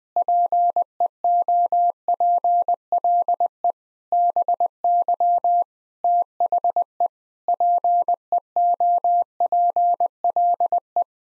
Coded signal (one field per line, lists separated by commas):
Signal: Morse code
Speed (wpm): 21 wpm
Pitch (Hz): 700 Hz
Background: none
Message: PEOPLE BY THE PEOPLE